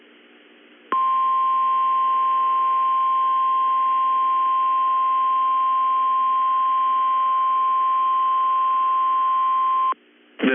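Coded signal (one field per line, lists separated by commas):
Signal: Emergency Alert System (SAME) tones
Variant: 1050 Hz attention tone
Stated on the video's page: Severe Thunderstorm Warning on NOAA Weather Radio station.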